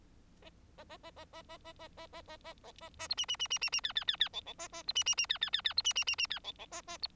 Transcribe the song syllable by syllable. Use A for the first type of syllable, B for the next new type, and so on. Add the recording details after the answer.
A A A A A A A A A A A A A A A B C C C C C C D D D D E E A A B C C C D D D D B C C C C D E E A A B. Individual Bird4